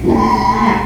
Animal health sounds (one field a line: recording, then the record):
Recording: squeal of a Yucatan mini pig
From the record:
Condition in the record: after surgery on the right vocal fold (resection and tissue-engineered implant)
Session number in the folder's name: 2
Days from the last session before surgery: 13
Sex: male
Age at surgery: 12 weeks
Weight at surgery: 13 kg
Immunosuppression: cyclosporine, prednisolone